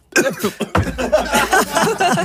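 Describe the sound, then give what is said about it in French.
A radio host coughs and splutters after swallowing the wrong way while saying a name on air: a few short hacking bursts, then a longer run of rough, voiced, choking coughs, fairly loud, with no clear words. “Quand j'ai dit ich et avalé de travers, je suis désolé.”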